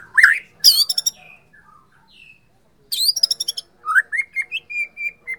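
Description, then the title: White-rumped shama song mixing harsh rattling bursts and sharp high notes with brief pauses, ending in a series of clear whistled notes. From Borneo. "MURAI BORNEO"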